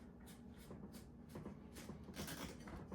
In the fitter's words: You can hear it clicking.